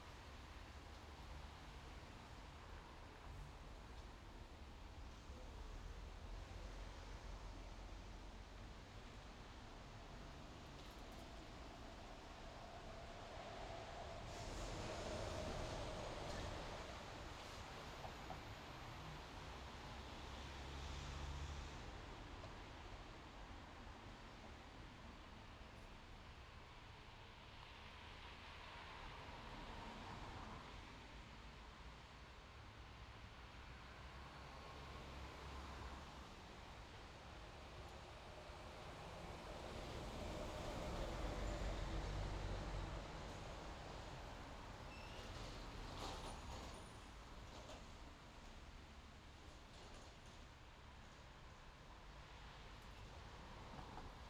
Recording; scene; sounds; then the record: everyday scene through a hearing-aid microphone; in traffic; traffic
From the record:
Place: main road on the outskirts, rush hour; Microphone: in the ear canal, left